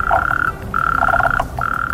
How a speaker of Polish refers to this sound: Jest koncert. Ja to słyszę i żaby lechoczą. O, fajnie, kurde, wiosna idzie, no, ale komuś to przeszkadza.